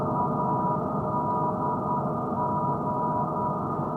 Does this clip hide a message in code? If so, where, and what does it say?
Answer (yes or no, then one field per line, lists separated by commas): yes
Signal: Morse code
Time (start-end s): 0.2-3.5 s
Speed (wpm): 10 wpm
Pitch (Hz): 970 Hz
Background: none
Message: ADG